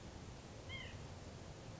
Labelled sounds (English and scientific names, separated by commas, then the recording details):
White-breasted Nuthatch (Sitta carolinensis)
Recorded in Sonoma County, California